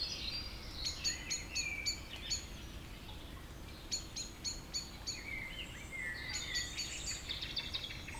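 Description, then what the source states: Birds singing, with bursts of fast repeated high chirps separated by pauses and softer sliding whistles from other birds. Evening village birds in Tregastel, Pleumeur-Bodou, France, around 8 pm, humid weather, April 2019; recorded with MKH 8040 ORTF pair, Rycote windshield, Zoom H5.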